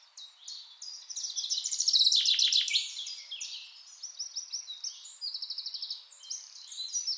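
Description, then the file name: Common chaffinch song: a loud, rapid, descending trill rising out of a dense background chorus of other birds chirping and twittering. "Fringilla coelebs"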